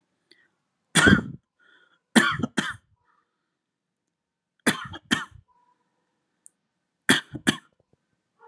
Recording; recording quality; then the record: heavy voluntary cough; excellent, no background noise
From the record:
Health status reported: COVID-19 positive, mild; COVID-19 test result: positive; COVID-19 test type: RT-PCR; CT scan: not taken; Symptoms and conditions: cough, cold, sore throat, fever, fatigue, muscle pain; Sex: male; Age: 26 years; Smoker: no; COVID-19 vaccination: both doses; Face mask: not worn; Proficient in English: yes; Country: India